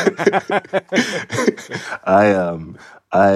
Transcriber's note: laughter